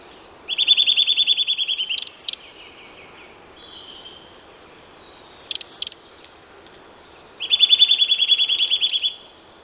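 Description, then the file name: Eurasian nuthatch giving fast, even trills of rapid piping notes, each trill about one and a half seconds, twice, with a few sharp, high, downslurred notes between and after. "Sitta europaea"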